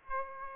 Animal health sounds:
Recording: mosquito wingbeat signal from an infrared sensor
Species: Aedes aegypti

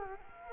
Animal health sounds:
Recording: mosquito wingbeat signal from an infrared sensor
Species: Culex quinquefasciatus

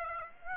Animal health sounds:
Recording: mosquito wingbeat signal from an infrared sensor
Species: Aedes aegypti

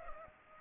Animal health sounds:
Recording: mosquito wingbeat signal from an infrared sensor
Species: Culex pipiens

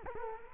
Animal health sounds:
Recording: mosquito wingbeat signal from an infrared sensor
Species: Culex quinquefasciatus

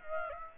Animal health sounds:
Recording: mosquito wingbeat signal from an infrared sensor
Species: Aedes aegypti

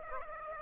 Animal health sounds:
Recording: mosquito wingbeat signal from an infrared sensor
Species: Aedes aegypti

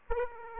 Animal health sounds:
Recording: mosquito wingbeat signal from an infrared sensor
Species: Aedes aegypti

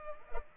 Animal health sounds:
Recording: mosquito wingbeat signal from an infrared sensor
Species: Culex pipiens

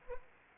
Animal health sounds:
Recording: mosquito wingbeat signal from an infrared sensor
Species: Anopheles arabiensis

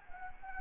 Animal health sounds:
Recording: mosquito wingbeat signal from an infrared sensor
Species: Anopheles gambiae

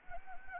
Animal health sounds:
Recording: mosquito wingbeat signal from an infrared sensor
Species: Anopheles gambiae

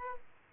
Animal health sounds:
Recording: mosquito wingbeat signal from an infrared sensor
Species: Aedes albopictus

